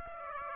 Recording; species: mosquito wingbeat signal from an infrared sensor; Aedes aegypti